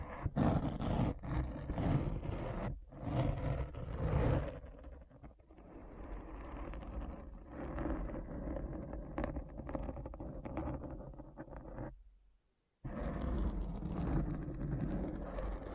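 Rough scratching fills the clip, thick and low with a rumbling, rubbing texture. The first few seconds are brighter and busier, with short gaps between strokes, then the scratching turns duller and more muffled. It stops briefly near the twelve-second mark and resumes crisp and loud.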